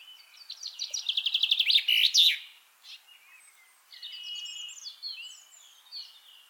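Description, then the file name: Common chaffinch singing a rattling descending run of repeated notes ending with a bright flourish, followed by softer chattering and twittering. "Fringilla coelebs"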